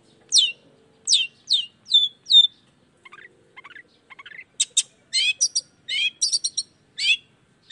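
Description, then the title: Long-tailed shrike song: downslurred whistles, then soft buzzy notes and a burst of harsh chattering phrases. Recorded in the morning; called a chattering, well-singing bird, with 'toet toet' voice variations, played to stimulate lazy shrikes to start singing. "Cendet Gacor Dor Di Kala Pagi Toet Toet Variasi Suara. Cendet Gacor Di Pagi Hari Rangsangan Emosi Cendet Malas Bunyi Supaya Secepatnya Ikutan Bunyi"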